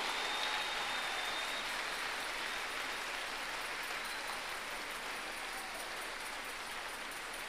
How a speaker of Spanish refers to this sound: Un aplauso a la Virgen María.